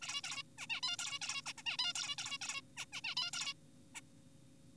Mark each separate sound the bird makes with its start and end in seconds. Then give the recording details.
0.02-0.21, 0.24-0.43, 0.58-0.67, 0.70-0.81, 0.83-0.96, 0.99-1.19, 1.22-1.42, 1.46-1.53, 1.58-1.62, 1.66-1.77, 1.79-1.93, 1.95-2.15, 2.18-2.38, 2.42-2.61, 2.77-2.86, 2.93-3.01, 3.04-3.15, 3.17-3.31, 3.33-3.53, 3.95-4.01. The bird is an adult. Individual g4p5U